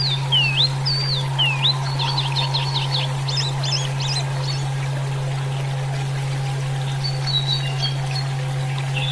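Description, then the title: Oriental magpie-robin song opening with looping whistles, then a rapid chattering burst, a quiet gap and a few high notes, over a continuous low hum. "Kicau Kacer"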